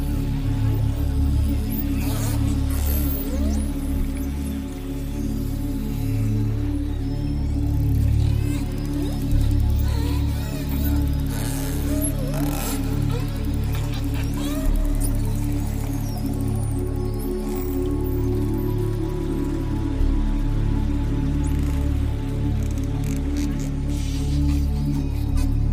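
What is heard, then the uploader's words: Underwater recording where dolphins and whales may be calling, though no clear calls stand out; a dense, steady low rumble and hum fill the whole stretch. Faint squeaks, clicks and crackles flicker above it, with a brief upward sweep near the middle. Dolphins & Whales.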